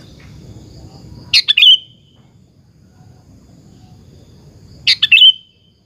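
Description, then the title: Sooty-headed bulbul giving two quick, liquid chirped phrases a few seconds apart, with soft low rumbling between them. "Kutilang"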